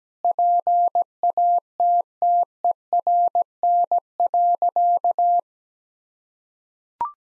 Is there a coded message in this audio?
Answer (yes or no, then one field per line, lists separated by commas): yes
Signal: Morse code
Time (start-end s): 0.2-5.4 s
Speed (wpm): 17 wpm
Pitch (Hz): 700 Hz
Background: none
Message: PATTERN.